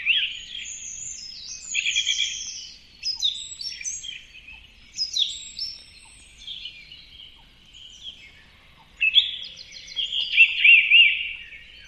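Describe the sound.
Bird song of rapid, jumbled high chirps and trills, dipping quieter midway before a louder burst of twittering near the end.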